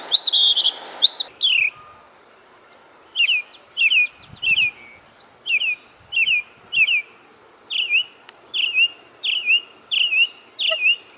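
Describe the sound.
Bird song: a few loud opening notes, then slurred chirps repeated more than once a second over quiet hiss.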